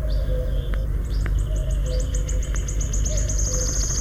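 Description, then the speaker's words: Wood Warbler song: a short series of high ticking notes quickening into a rapid, dry, shivering trill, over a low steady rumble. Sings while fluttering. "Вот порхает с песенкой пеночка Трещотка."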